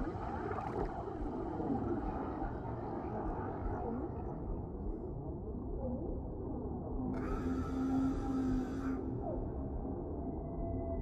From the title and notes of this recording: Whales Singing. Underwater sounds, peaceful water noise.